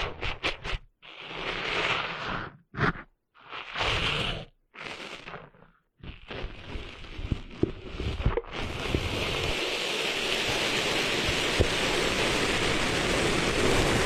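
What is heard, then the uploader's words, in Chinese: Rustling, scraping sand fills the clip, first as short separate bursts with silent gaps for about six seconds. Then the sound becomes continuous, and from about eight seconds it grows into a steady, bright hiss of grains that holds to the end. 沙沙沙…沙滩的沙沙声。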